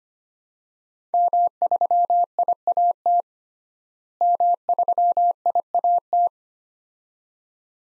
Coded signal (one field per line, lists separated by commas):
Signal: Morse code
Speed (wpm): 25 wpm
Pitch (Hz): 700 Hz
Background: none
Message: M3IAT M3IAT